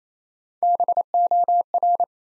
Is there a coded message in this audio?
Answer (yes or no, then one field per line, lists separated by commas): yes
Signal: Morse code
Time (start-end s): 0.6-2.0 s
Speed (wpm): 28 wpm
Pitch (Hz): 700 Hz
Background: none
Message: BOR